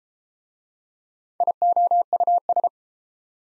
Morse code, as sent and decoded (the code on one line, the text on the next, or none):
.. --- ..- ...
IOUS